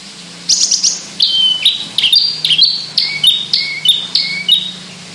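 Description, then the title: Javan bush lark song: a quick mix of high chirps, short whistled slurs and trilled notes, delivered in a lively, varied phrase after a brief pause. Indonesian sundul langit song style, described as a skyward song flight. "Branjangan Sundul Langit 3"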